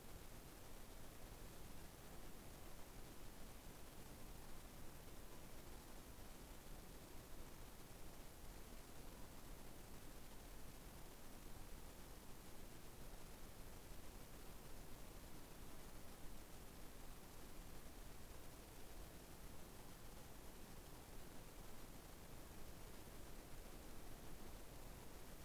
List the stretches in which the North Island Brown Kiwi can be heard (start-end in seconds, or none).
none